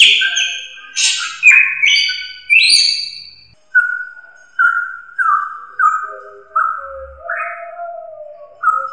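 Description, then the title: Drongo calls in a varied series: harsh high notes first, then a quick series of clearer, slightly falling whistles at mid pitch. "Suara Srigunting Dari Hobiburung"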